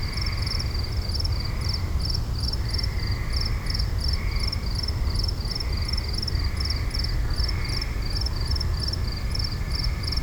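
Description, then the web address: Crickets chirping in rapid repeated high pulsed bursts, with lower trilling calls alongside and a steady low rumble of background noise throughout. Suburban night ambience with crickets and frogs. "boom library Urban and Suburban. Suburban night crickets frogs"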